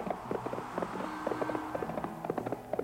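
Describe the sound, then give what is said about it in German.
A single horse's hooves trot in a quick, steady clip-clop as a rider rides along the edge of a forest by moonlight at night, a dense run of hollow knocks repeating throughout with no voices, over a low, muffled background rumble. “Im Mondschein ritt er am Waldrand entlang. Ein dunkler Reiter auf dunklem Pferd, bis er in dunkler Nacht verschwand.”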